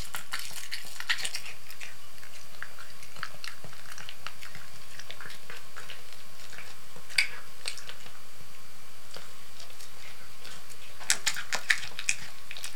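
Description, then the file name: Cat chewing food with quiet, irregular wet clicks, and a few sharper bites near the end. Domestic cat eating canned cat food. "Digiffects Sound Effects Library - Cat Eating Canned Cat Food"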